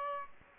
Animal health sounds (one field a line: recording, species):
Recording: mosquito wingbeat signal from an infrared sensor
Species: Aedes aegypti